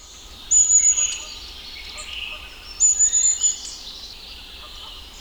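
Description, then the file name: Long-tailed Tit calls: two bursts of thin, very high notes about two seconds apart, over a faint background hiss. "Mésange-à-longue-queue"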